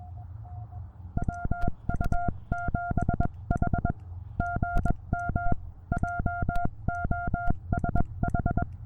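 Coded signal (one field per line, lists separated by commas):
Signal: Morse code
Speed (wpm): 19 wpm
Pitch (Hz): 700 Hz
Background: none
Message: WU7H GM JOSH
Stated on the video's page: Morse sent on an American Morse Mini-B paddle into a Penntek TR-35 transceiver with a BeeTenna VHF antenna during a Summits on the Air activation on a mountaintop.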